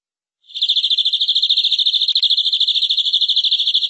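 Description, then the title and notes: Canary song: a steady, rapid trill of identical high notes, held unbroken for over three seconds after a short silence. "BM Suara Kenari. BM Suara Burung Kenari"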